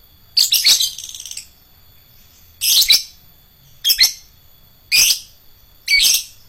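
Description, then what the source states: Lovebird calls in five loud, grating bursts, the first longer and more warbled. Adult lovebird of the fighter type.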